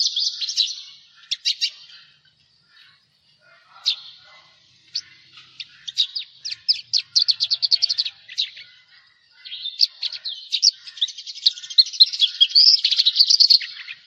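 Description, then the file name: Javan bush lark singing in bursts: sharp high notes, rapid stuttering trills and a dense chattering passage toward the end. "suara burung branjangan jawa"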